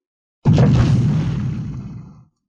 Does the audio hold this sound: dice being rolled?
no